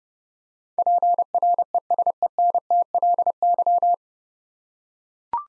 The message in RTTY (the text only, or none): none